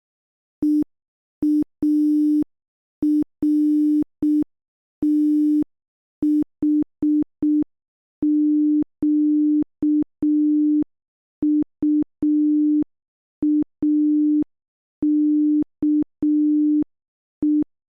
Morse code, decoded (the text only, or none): EARTHQUAKE